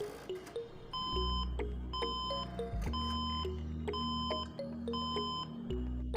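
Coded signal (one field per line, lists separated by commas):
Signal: beep code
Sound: harsh 1 kHz beeps repeating continuously, about one per second, over a low hum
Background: background music or hum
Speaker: आज कि हमारी वीडियो का टॉपिक है ब्रेड लाइट विपिन प्रॉब्लम सबसे पहले हम आपको विपिन प्रॉब्लम दिखाते हैं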